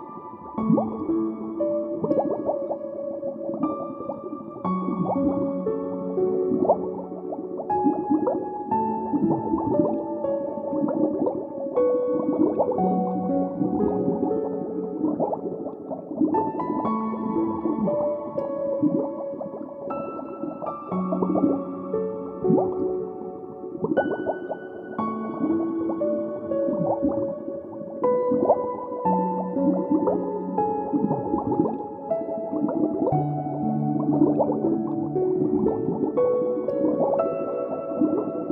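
Underwater bubbles burble and pop without pause, a dense stream of short, pitched blips and gurgles that rise and fall in the low-middle range. The sound stays muffled, with a steady level throughout and no other sounds behind it.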